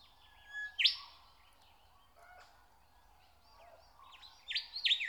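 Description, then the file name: Nightingale song phrases: a sharp sweep, a quiet pause with faint chirps, then a quick run of loud notes near the end. "Nature Sounds - Song of the nightingale (Zvyki com)"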